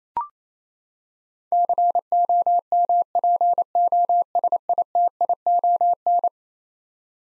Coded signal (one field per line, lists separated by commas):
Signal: Morse code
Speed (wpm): 27 wpm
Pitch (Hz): 700 Hz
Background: none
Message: COMPOSITION